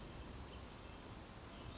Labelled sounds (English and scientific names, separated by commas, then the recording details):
Western Flycatcher (Empidonax difficilis)
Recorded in Sonoma County, California